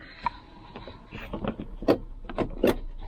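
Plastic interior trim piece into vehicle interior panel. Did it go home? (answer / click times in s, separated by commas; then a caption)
yes / 2.4 s. A plastic interior trim piece (seatbelt slider/door lock trim) is worked by its small teeth into a hole in the interior panel of a 2010 Xterra. Rubbing and small plastic contacts lead up to a sharp snap at 2.4 s as the piece seats in place.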